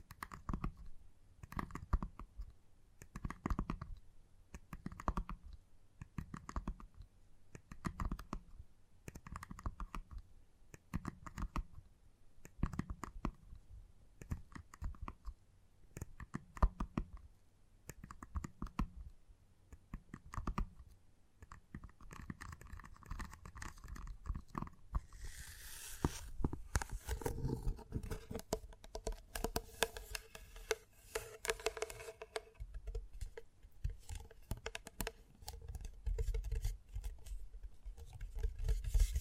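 Gentle tapping, soft and fairly regular, with clusters of taps arriving roughly every second for the first twenty seconds. After that the taps grow quicker and denser, and from about twenty-five seconds a brighter, rustling scratchy sound joins them through to the end.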